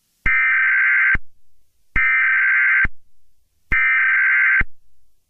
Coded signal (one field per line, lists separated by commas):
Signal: Emergency Alert System (SAME) tones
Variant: header bursts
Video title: EAS SCENARIO 5| CyberAttack On Electrical Grids